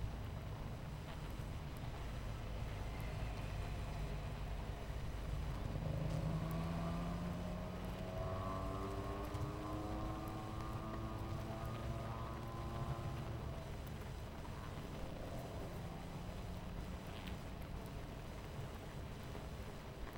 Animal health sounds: honeybee colony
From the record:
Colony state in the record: missing queen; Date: 14 July 2017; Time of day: 11:18

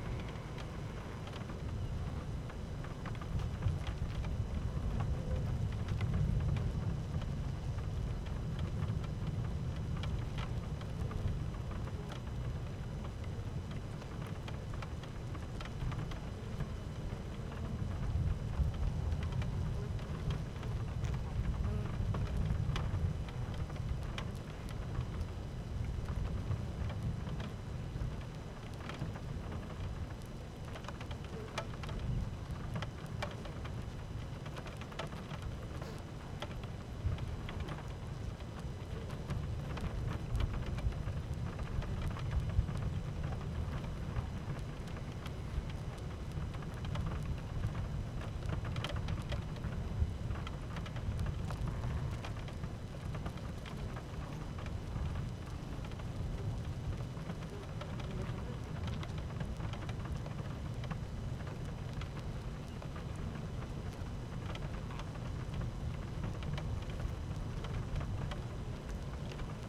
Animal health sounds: honeybee colony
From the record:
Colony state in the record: active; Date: 12 June 2018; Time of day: 12:54

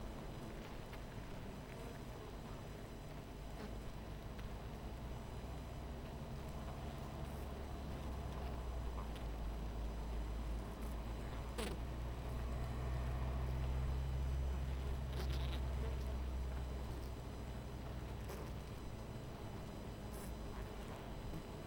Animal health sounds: honeybee colony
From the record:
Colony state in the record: missing queen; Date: 14 July 2017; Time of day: 12:29

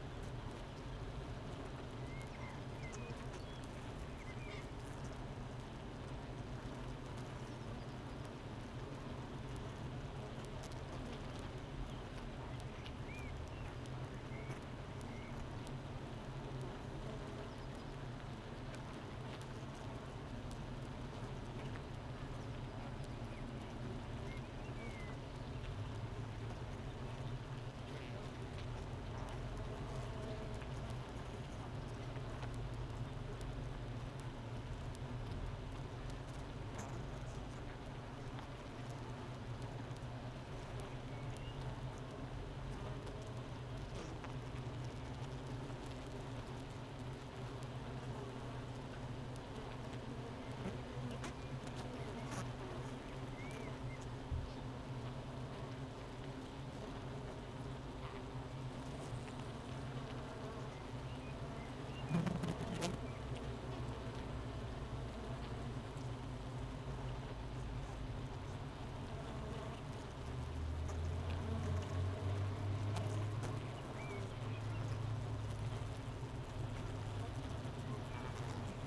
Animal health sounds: honeybee colony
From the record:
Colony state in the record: missing queen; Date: 31 May 2018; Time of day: 8:38

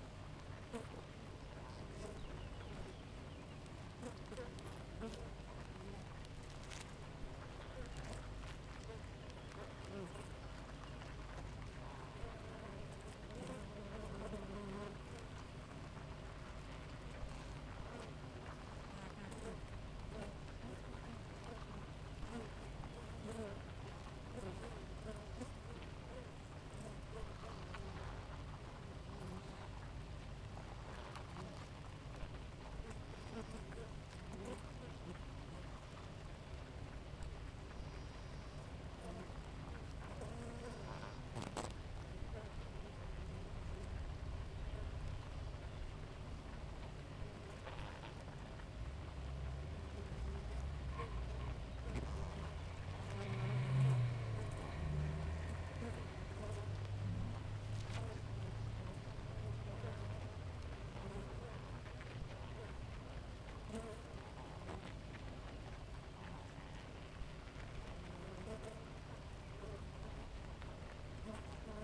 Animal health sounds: honeybee colony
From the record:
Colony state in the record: active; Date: 28 July 2017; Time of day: 5:04

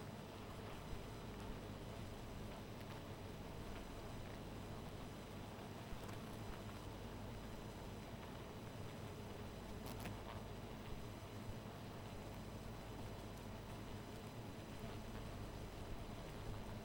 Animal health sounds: honeybee colony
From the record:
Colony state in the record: missing queen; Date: 14 July 2017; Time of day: 2:42

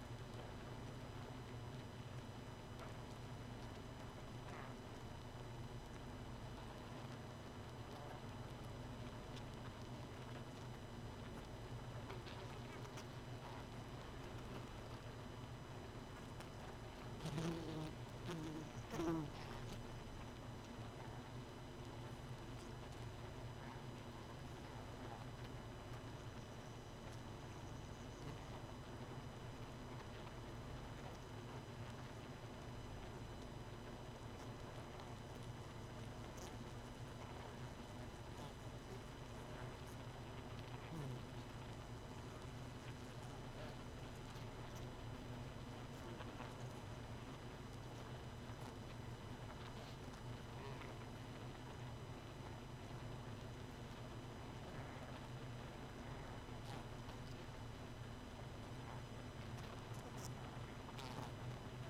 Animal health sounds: honeybee colony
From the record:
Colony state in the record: missing queen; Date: 31 May 2018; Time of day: 0:38

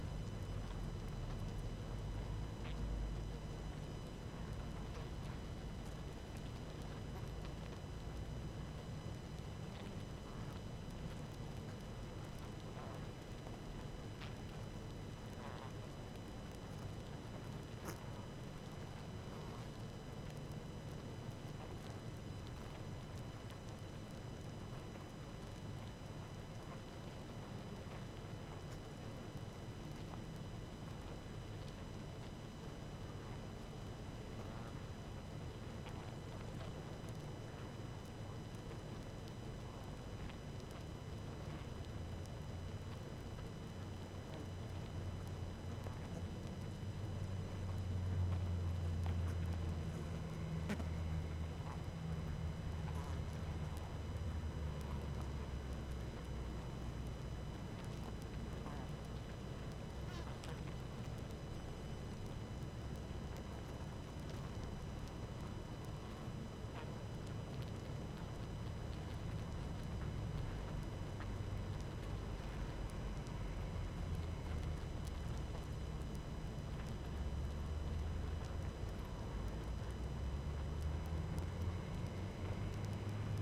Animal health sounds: honeybee colony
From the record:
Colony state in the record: active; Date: 12 June 2018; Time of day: 18:40

